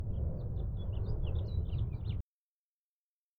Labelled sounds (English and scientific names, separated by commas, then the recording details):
House Finch (Haemorhous mexicanus) song
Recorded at Hewlett Harbor on Long Island, New York, on 10 June 1975
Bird B